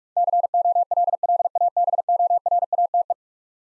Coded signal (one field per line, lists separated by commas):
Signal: Morse code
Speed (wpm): 43 wpm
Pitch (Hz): 700 Hz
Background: none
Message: COLLABORATE